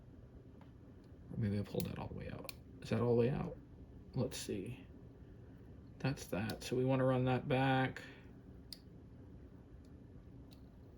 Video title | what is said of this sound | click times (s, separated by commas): Omega Polar Lights Moonswatch Gets a Full Makeover! - Metal Case Upgrade! | Okay, so that's one click out. | 8.7 s